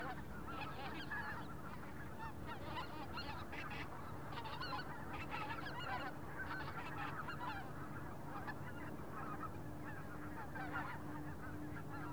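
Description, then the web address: Goose flock calling, a continuous chorus of overlapping honks over low rumbling wind. Large flock of geese passing overhead, open field, Wendland, autumn, light wind. "GDC 2016-Game Audio Bundle Shaping Waves - WENDLAND AUTUMN Wendland Autumn Open Field Big Goose Swarm Passing Overhead Light Wind"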